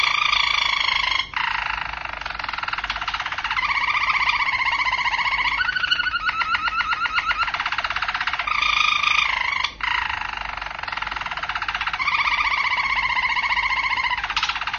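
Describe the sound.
Domestic canary song: dense, loud rolling tours and fast pulsed trills running continuously, changing tone every few seconds.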